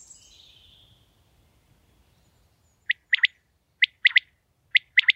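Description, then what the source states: Common Quail song, a crisp three-syllable phrase given three times at regular intervals, following a quiet stretch with a faint high bird call early on. Male sings a short three-syllable song, repeated for minutes at summer dawn and dusk; Veluwe, Gelderland; habitat rough grassland, grassy heath and grain fields.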